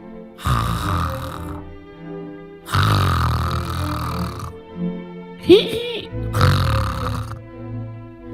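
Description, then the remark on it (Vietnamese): An old man snores loudly: three long, rasping, rumbling snores in a slow rhythm, with a short, higher snorting grunt between the second and third. “Lão ngáy vừa to mồm vừa thối quá.”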